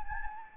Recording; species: mosquito wingbeat signal from an infrared sensor; Anopheles gambiae